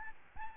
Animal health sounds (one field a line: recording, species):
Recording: mosquito wingbeat signal from an infrared sensor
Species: Aedes albopictus